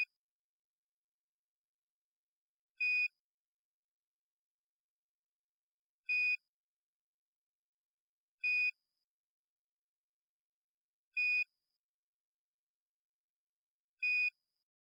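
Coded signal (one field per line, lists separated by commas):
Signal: none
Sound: plain sound effect beeps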